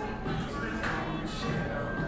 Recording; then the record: background sound without coughing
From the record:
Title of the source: 60 minutes of coffee shop sounds for study and concentration